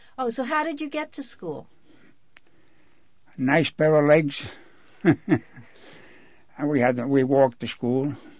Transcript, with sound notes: Oh, so how did you get to school?
A nice pair of legs. ( he laughs ) We walked to school